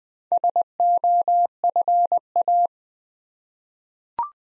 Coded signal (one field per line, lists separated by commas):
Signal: Morse code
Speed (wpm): 20 wpm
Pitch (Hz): 700 Hz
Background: none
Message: SOFA